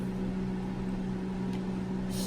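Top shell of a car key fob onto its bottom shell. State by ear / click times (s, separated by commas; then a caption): not seated / none. The plastic top shell of a car key fob for a Land Rover LR3, Range Rover Sport or full-size L322 Range Rover is picked up and lined up over the fob's bottom shell. A steady low hum and broadband background noise fill the clip, with a faint brief hiss near 1.5 s and a brighter high hiss from about 2.1 s. The shell has not yet been smacked on, and nothing has clicked or seated yet.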